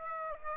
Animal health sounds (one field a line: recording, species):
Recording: mosquito wingbeat signal from an infrared sensor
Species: Aedes aegypti